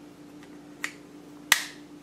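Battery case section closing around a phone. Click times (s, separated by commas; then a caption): 1.5 s. A battery case section is closed around an iPhone 4 and latches shut. A faint tick comes at about 0.4 s and a sharper tap at 0.8 s, then a loud, bright click at 1.5 s over a steady low hum. The case seats with a solid click at 1.5 s.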